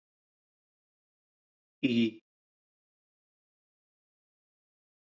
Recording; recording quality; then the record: sustained vowel as in beet; excellent, no background noise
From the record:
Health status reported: healthy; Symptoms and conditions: none ticked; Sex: male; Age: 33 years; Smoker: not ticked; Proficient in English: yes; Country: India